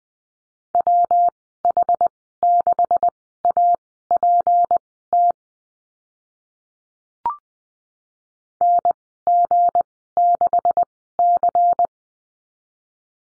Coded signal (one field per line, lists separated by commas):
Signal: Morse code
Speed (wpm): 20 wpm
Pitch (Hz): 700 Hz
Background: none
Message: WH6APT NG6C